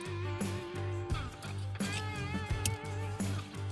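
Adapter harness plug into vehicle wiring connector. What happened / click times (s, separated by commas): The wiring plug clicks into its connector / 2.7 s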